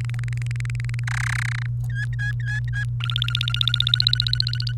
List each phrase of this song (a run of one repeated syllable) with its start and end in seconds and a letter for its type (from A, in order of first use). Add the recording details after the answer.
0.01-0.99 A, 1.07-1.66 B, 1.90-2.84 C, 3.00-4.72 D. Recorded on 29 April 2018 at 11:42. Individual llb3